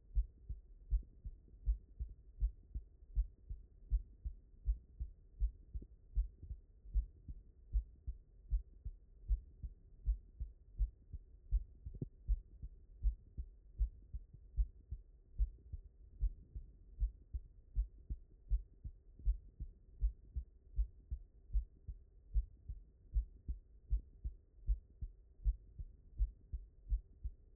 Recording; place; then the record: heart sounds by stethoscope; mitral valve (MV)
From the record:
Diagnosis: non-HFrEF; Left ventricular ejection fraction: 72%